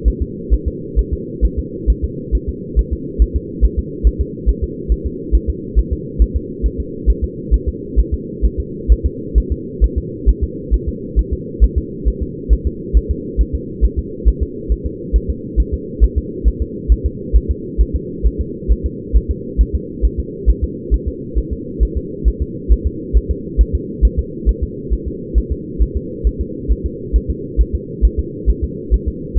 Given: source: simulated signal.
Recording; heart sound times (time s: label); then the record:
fetal heart sounds
0.08 s: S1
0.22 s: S2
0.53 s: S1
0.68 s: S2
0.99 s: S1
1.13 s: S2
1.45 s: S1
1.59 s: S2
1.90 s: S1
2.04 s: S2
2.35 s: S1
2.49 s: S2
2.79 s: S1
2.93 s: S2
3.22 s: S1
3.36 s: S2
3.65 s: S1
3.79 s: S2
4.07 s: S1
4.21 s: S2
4.49 s: S1
4.63 s: S2
4.92 s: S1
5.06 s: S2
5.35 s: S1
5.50 s: S2
5.79 s: S1
5.93 s: S2
6.22 s: S1
6.36 s: S2
6.66 s: S1
6.80 s: S2
7.10 s: S1
7.24 s: S2
7.54 s: S1
7.68 s: S2
7.99 s: S1
8.14 s: S2
8.45 s: S1
8.60 s: S2
8.92 s: S1
9.06 s: S2
9.38 s: S1
9.52 s: S2
9.84 s: S1
9.98 s: S2
10.29 s: S1
10.44 s: S2
10.74 s: S1
10.88 s: S2
11.19 s: S1
11.33 s: S2
11.64 s: S1
11.78 s: S2
12.08 s: S1
12.22 s: S2
12.53 s: S1
12.67 s: S2
12.97 s: S1
13.11 s: S2
13.41 s: S1
13.55 s: S2
13.84 s: S1
13.99 s: S2
14.28 s: S1
14.43 s: S2
14.72 s: S1
14.86 s: S2
15.16 s: S1
15.30 s: S2
15.60 s: S1
15.74 s: S2
16.04 s: S1
16.18 s: S2
16.48 s: S1
16.62 s: S2
16.92 s: S1
17.06 s: S2
17.36 s: S1
17.51 s: S2
17.81 s: S1
17.95 s: S2
18.26 s: S1
18.41 s: S2
18.72 s: S1
18.86 s: S2
19.16 s: S1
19.31 s: S2
19.61 s: S1
19.75 s: S2
20.05 s: S1
20.19 s: S2
20.50 s: S1
20.64 s: S2
20.94 s: S1
21.08 s: S2
21.38 s: S1
21.53 s: S2
21.83 s: S1
21.97 s: S2
22.28 s: S1
22.42 s: S2
22.72 s: S1
22.87 s: S2
23.17 s: S1
23.31 s: S2
23.61 s: S1
23.75 s: S2
24.05 s: S1
24.19 s: S2
24.49 s: S1
24.63 s: S2
24.93 s: S1
25.08 s: S2
25.38 s: S1
25.52 s: S2
25.82 s: S1
25.97 s: S2
26.27 s: S1
26.41 s: S2
26.72 s: S1
26.86 s: S2
27.16 s: S1
27.30 s: S2
27.61 s: S1
27.75 s: S2
28.05 s: S1
28.19 s: S2
28.50 s: S1
28.64 s: S2
28.94 s: S1
29.08 s: S2
29.38 s: S1
From the record:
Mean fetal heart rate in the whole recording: 135 bpm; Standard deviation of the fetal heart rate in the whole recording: 3 bpm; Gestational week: 34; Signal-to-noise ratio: -4.1 dB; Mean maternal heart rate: no maternal heart sound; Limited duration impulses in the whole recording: absent